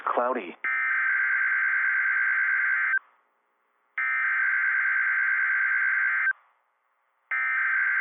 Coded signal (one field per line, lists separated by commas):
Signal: Emergency Alert System (SAME) tones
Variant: header bursts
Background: speech